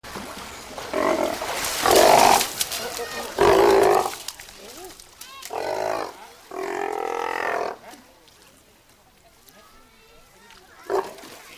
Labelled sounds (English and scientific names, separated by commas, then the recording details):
South American Sea Lion (Otaria flavescens) call
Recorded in captivity
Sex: pair
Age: adult
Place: Tiergarten Heidelberg, Baden-Württemberg, DE
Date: 2000-09-27 16:00
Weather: overcast, 16 - 17°C
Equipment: Nagra SN, Kopie Uher 4000 Report Monitor
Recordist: Tembrock, Günter
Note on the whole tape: Männchen (rhythmische Laute) und Weibchen vor und während der Fütterung: diverse Laute (Aufnahme bis 16.17 Uhr)